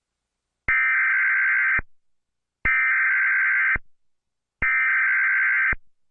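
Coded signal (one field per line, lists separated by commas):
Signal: Emergency Alert System (SAME) tones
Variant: header bursts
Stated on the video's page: Mock (simulated) EAS Tornado Warning for Shell Knob, issued by the National Weather Service in Springfield, Missouri, for Barry and Stone counties.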